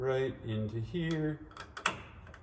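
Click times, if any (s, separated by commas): 1.8 s, 1.9 s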